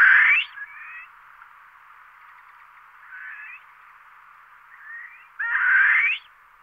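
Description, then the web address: Barbary partridge uttering grating, rasping calls: a loud burst opening and another near the end, with softer scratchy notes in between. Recorded in Sardinia. "verso-pernice pernice-sarda"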